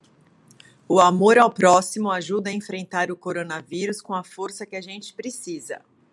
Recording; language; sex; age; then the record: spoken sentence; Brazilian Portuguese; female; 40 to 49 years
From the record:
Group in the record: control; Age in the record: 44 years